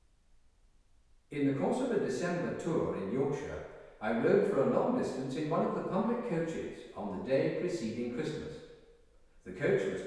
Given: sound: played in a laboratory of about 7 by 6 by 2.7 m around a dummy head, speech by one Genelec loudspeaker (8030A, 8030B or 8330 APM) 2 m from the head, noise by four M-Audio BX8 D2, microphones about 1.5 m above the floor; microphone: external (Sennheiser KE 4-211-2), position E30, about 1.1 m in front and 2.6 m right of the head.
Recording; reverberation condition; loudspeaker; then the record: male speech in English; high; 120 degrees to the left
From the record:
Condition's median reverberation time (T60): about 1300 ms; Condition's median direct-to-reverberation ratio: about -4.0 dB